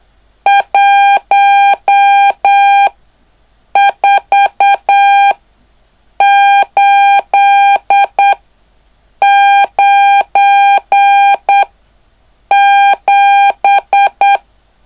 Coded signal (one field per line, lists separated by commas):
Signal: Morse code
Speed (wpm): 8 wpm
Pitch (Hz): 800 Hz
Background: none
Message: 14897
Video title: LU1WGO: Curso para Aspirante a Radioaficionado/Introducción al CW-Clase#03